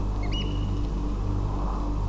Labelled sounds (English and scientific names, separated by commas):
Eurasian Oystercatcher (Haematopus ostralegus)